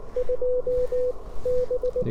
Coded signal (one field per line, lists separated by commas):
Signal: Morse code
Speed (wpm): 18 wpm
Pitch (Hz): 500 Hz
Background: none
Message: 2 B